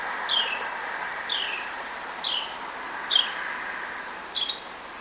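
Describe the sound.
Bird giving downslurred chirps roughly once a second, five in total, against a constant background hiss.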